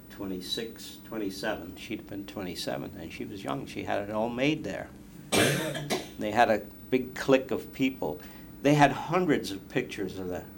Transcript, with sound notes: twenty six, twenty seven, she'd been twenty seven and she was young, she had her own maid there. (coughs) They had a big clique of people, they had hundreds of pictures of that,